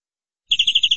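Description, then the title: Canary starting a rapid high trill of evenly pulsed notes, with faint low rumble underneath. "BM Suara Kenari"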